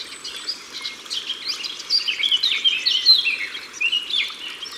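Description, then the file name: Eurasian blackcap song: a continuous, fast, chattering warble of varied high notes that grows louder midway, over a constant hiss. Recorded by the water. "Fauvette a tete noire Au bord de leau"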